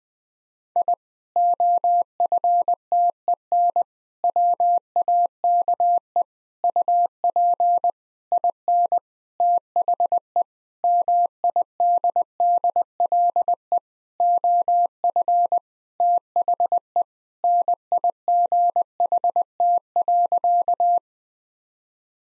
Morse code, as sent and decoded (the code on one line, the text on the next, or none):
.. / --- ..-. - . -. / .-- .- -.- . / ..- .--. / .. -. / - .... . / -- .. -.. -.. .-.. . / --- ..-. / - .... . / -. .. --. .... - .-.-.-
I OFTEN WAKE UP IN THE MIDDLE OF THE NIGHT.